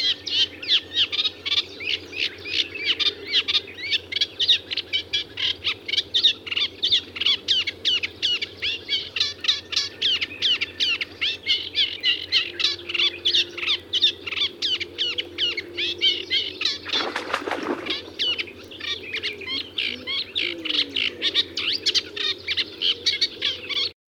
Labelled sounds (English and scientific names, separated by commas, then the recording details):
Eurasian Reed Warbler (Acrocephalus scirpaceus) song
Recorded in the wild
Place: Blankensee, Mecklenburg-Vorpommern, DE
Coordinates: 53.404, 13.221
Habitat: Lake
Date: 1982-05-26
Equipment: Nagra III BH, Sennheiser MD 21, parabola
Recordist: Schubert, Michael
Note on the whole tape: Gesang Teichrohrsänger